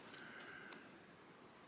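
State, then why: Not seated. A microSD card holding firmware files is being handled at the side card slot of a Yaesu FTX-1 Field handheld radio during a firmware upgrade. Only a steady, faint hiss is heard, with a soft brief rustle around 0.7 s. Nothing has seated or clicked yet.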